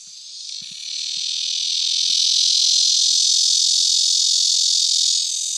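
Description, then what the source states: Red-veined bear cicada singing a loud, unbroken high-pitched drone that swells in volume over the first seconds and then holds a steady, even tone. Tainan's representative species; the most common cicada in the city, often heard; its call is long and continuous, a straight 'di' tone.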